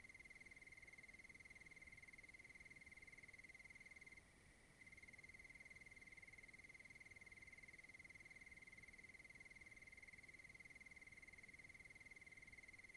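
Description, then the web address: Cricket calling in a continuous, rapid, even high trill that briefly dips for half a second before resuming unchanged, with soft background hiss. "sonniss-gdc-audio crickets-suttoncricket"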